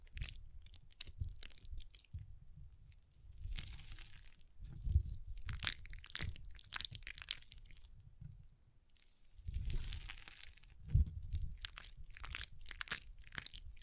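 Water beads squish and crunch in irregular bursts, with soft wet pops and crackles spread across the clip. Louder clusters come around four to seven seconds and again near ten and eleven seconds, separated by quieter stretches with low rumbling handling sounds.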